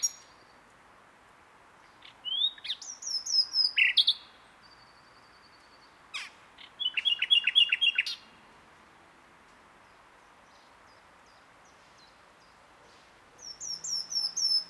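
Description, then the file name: Common nightingale singing high whistled, slurred notes, then a fast string of repeated chirps, with quiet gaps between phrases. "Luscinia megarhynchos"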